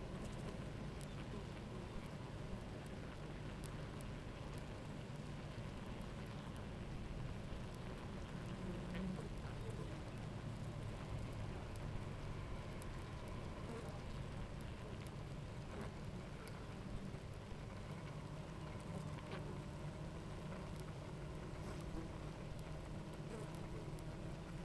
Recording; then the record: honeybee colony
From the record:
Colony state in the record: active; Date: 28 July 2017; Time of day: 10:17